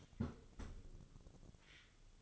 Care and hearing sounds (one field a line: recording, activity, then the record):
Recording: daily activity, microphone in the room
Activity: close fridge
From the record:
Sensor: 4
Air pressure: 1008.6 hPa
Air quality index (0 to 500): 73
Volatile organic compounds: 1 ppm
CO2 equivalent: 628 ppm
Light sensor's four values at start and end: 13/29/12/12 and 13/29/12/12